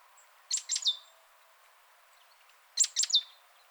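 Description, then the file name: Great tit call: two quick groups of sharp, high chips with a short descending tail, about two seconds apart, over a soft hiss. "Parus major"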